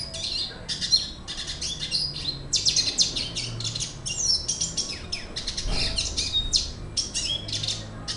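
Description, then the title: Red siskin giving a lively, nearly continuous stream of high twitters and chips. "Pavanegra. cardenalito cantando"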